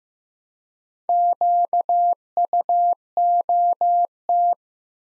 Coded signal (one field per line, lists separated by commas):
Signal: Morse code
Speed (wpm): 15 wpm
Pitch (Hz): 700 Hz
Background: none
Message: QUOT